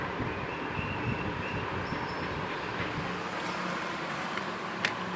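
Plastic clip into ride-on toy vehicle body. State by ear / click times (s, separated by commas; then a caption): seated / 4.8 s. A plastic clip or tab is pushed into its slot on a children's ride-on toy vehicle body and locks into place. Under a steady broadband background, a short sharp hit at 4.4 seconds is followed by a stronger one at 4.8 seconds, when the clip seats.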